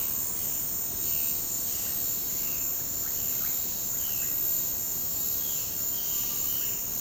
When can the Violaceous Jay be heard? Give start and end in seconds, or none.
0.00-7.01